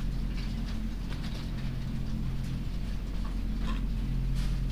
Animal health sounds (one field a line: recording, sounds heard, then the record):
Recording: poultry house recording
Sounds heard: sick chickens (respiratory disease)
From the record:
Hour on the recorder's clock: 22